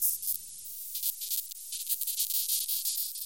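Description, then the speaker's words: Messor capitatus chirping: high, scratchy pulses following quickly one after another in an irregular rhythm. Chirping of a queen of the species, kept in a laboratory colony. "Auf den ersten Blick scheint die Kontrolle einer Königin, wie dieser der Spezies Messor capitatus, deren Zirpen zu hören ist, freilich total."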